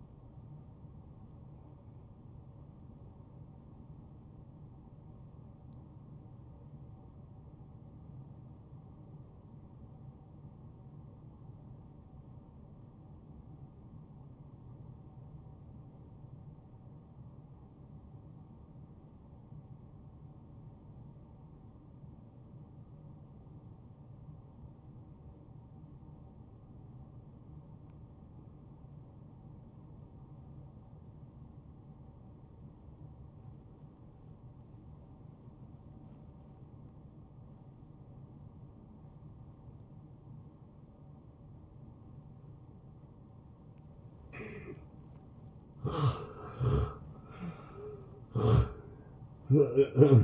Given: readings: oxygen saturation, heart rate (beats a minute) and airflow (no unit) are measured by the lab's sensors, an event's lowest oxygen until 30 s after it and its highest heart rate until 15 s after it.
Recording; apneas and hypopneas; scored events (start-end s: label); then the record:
breathing in sleep by a smartphone at the bedside; 1
6.00-44.80 s: obstructive apnea (N1, oxygen 95% highest, then 82% lowest)
27.00-50.24 s: new sleep stage, N2 (light sleep)
From the record:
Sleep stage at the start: N1 (lightest sleep); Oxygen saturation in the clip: 83 to 95%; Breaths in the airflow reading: 4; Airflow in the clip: -13.3 to 9.4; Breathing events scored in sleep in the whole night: 263 in 5.5 hours asleep